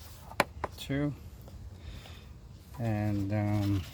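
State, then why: Seated. An air box retaining clip on the air filter housing of a 2003 Toyota Avalon 3.0 L V6 snaps closed with a loud, sharp click at 0.4 s, followed by a smaller sharp hit at about 0.6 s. Someone talks before and after. The clip is seated.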